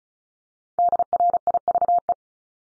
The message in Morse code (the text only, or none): DRIVE